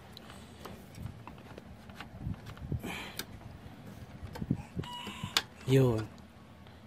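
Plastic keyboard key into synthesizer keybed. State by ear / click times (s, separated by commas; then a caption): seated / 5.4 s. A replacement plastic key is pushed onto the keybed of a Korg Triton synthesizer keyboard while someone talks, with light handling taps and rustles throughout. The key snaps into place with a sharp click at 5.4 s, and it is now attached.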